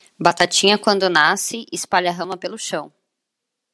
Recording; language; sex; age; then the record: short text; Brazilian Portuguese; female; 20 to 29 years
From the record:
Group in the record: control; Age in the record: 29 years